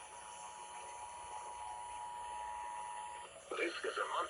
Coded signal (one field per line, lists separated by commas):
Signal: Emergency Alert System (SAME) tones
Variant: 853 and 960 Hz attention tone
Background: speech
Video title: DEBUT OF THE BC370! Broadcast Radio EAS: Required Monthly Test (EAS #842)